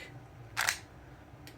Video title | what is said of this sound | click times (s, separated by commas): Beretta Px4 Storm co2 pistol review and unboxing- WATCH BEFORE YOU BUY! | magazine goes in like this push it till you hear it click | 0.6 s, 0.7 s